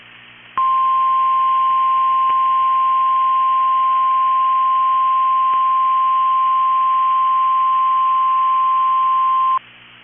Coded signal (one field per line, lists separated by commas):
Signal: Emergency Alert System (SAME) tones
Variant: 1050 Hz attention tone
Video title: my phone runs out of storage during a rwt eas 2019